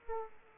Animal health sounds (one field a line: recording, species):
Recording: mosquito wingbeat signal from an infrared sensor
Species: Aedes aegypti